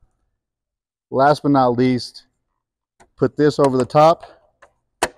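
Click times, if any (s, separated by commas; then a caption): 4.6 s, 5.0 s. The top cover of a Bullfrog hot tub headrest is placed over the headrest bracket and pressed down until it snaps into place, and someone talks during most of the clip. Two short clicks follow at 4.6 s and 5.0 s, the second much louder, as the cover seats and the headrest assembly is complete.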